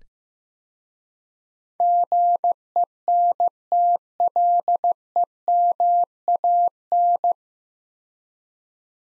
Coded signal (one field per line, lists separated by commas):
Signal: Morse code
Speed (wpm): 15 wpm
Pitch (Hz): 700 Hz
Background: none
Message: GENTLEMAN